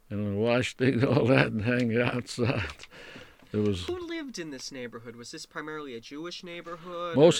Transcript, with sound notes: And we washed things, and all that, and hanged it outside. (he laughs) It was...
Who lived in this neighborhood? Was this primarily a Jewish neighborhood, or...